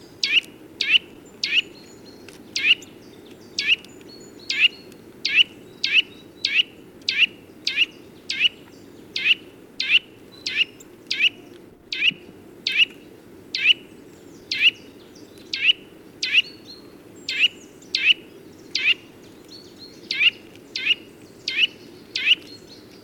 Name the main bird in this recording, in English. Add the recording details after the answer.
Eurasian Nuthatch. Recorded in the wild. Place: Stubnitz, Insel Rügen, Mecklenburg-Vorpommern, DE. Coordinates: 54.516, 13.633. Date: 1975-02-15. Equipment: Nagra III BH, Sennheiser MD 21, parabola. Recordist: Schubert, Michael